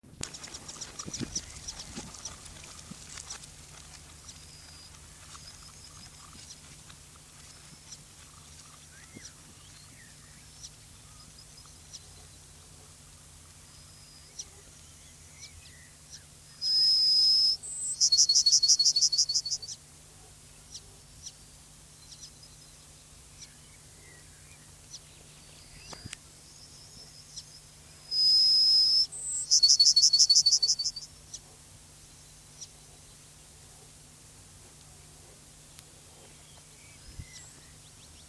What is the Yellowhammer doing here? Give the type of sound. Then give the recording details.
song. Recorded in the wild. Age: adult. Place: Lübars (Fließtal), Berlin, DE. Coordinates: 52.6167, 13.35. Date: 2003-07-13 14:17. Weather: bedeckt, 21°C. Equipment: Fair Mate ST-1328 (Asahi Electronics, Japan), Sennheiser ME 80, Kopie Uher 4000 Report Monitor. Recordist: Tembrock, Günter